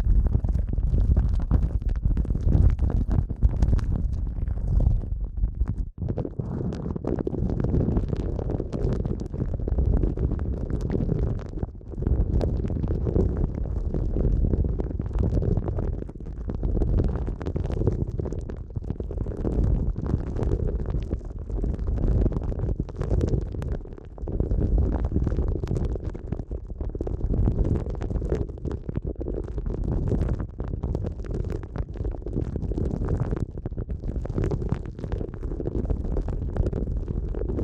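Eardrum massage sounds: dense, muffled low rubbing and rumbling, steady throughout with brief dips near 6, 12 and 24 seconds.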